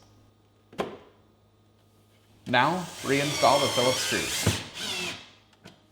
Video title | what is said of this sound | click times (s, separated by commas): How to replace Samsung (right) lower rail cover part # DA63-04605A | then push the cover towards the rear, until it locks into place. | 0.8 s